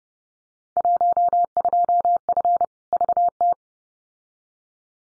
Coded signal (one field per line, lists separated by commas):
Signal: Morse code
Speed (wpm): 29 wpm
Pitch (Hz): 700 Hz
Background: none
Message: 12F VT